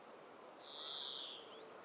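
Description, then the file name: European greenfinch giving one long, drawn-out buzzy wheeze, a nasal note held for about a second that swells then fades, over a faint steady background hiss. "Chloris chloris"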